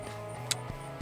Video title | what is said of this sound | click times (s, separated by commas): Prius code P3014 hybrid battery cell block 4 weak | turn it and it locks into place again. | 0.5 s